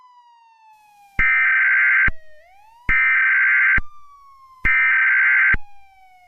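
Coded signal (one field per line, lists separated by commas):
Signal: Emergency Alert System (SAME) tones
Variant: header bursts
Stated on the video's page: Fictional Emergency Alert System scenario, not a real alert.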